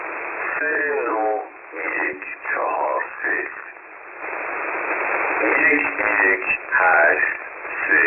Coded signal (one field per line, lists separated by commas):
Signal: numbers station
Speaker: So again, this is on upper sideband on HF at 7842.